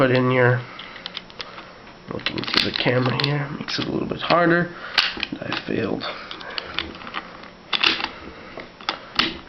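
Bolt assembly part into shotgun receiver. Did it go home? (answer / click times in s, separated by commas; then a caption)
yes / 9.2 s. During reassembly of a Remington 11-87 shotgun, a metal part of the bolt assembly is pushed into the receiver after an earlier failed try, while someone talks over scattered sharp clicks and metallic handling taps. The part pops in and seats with a click at 9.2 s.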